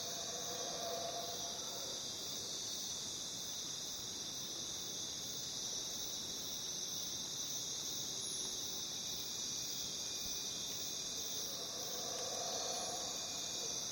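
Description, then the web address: Crickets keep up a thick, high-pitched trilling chorus from start to finish, with faint lower whistling notes near the beginning and end. Crickets in a jungle. "the-sound-pack-tree -jungle crickets"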